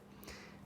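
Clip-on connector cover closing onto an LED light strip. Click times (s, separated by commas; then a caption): 0.2 s. The hinged cover of a solderless clip-on LED strip connector is closed and clipped down over the strip's copper pads. It snaps shut with a short, sharp click at 0.2 s over a faint steady hum, and the connector is seated.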